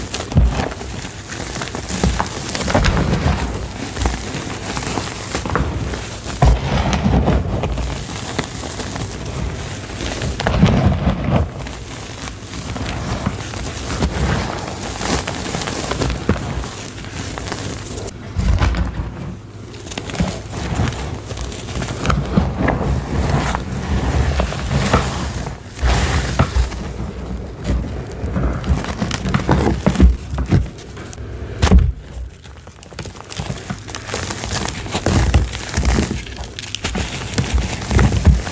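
Crisp, crunchy crumbling of black gym chalk goes on almost without pause, a dense run of crackles and crinkles across the whole clip. Louder bursts of crunching come every few seconds, with brief quieter gaps around 19 and 32 seconds.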